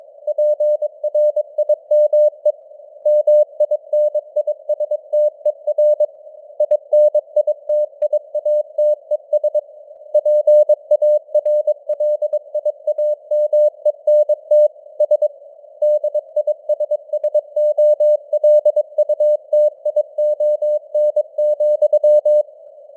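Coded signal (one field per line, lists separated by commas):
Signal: Morse code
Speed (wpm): 22 wpm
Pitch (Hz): 600 Hz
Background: none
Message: PRIME MINISTER INITIATES PARLIAMENT S DISSOLUTION,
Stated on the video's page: Morse news headlines at 22 wpm with simulated radio noise and varying signal strength (QSB).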